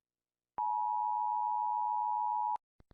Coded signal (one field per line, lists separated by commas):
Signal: Emergency Alert System (SAME) tones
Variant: 853 and 960 Hz attention tone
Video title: People are rating EAS alarms, so I decided to rate them too (TW: ALARMS)